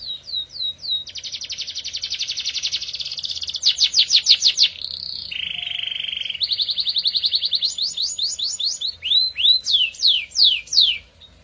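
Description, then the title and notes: Atlantic canary song: continuous varied phrases of rapid rolling trills, buzzy tours and looping sweeping notes, changing pattern every second or two. Recording of an F1 Ys canary, used as therapy for a canary that has stopped singing (macet). "KENARI MACET. Kenari F1 Ys"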